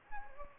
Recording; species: mosquito wingbeat signal from an infrared sensor; Anopheles gambiae